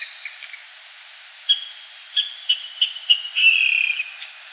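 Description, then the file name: Rail giving scattered short notes that quicken into a run, ending in a longer descending rattle. "rall"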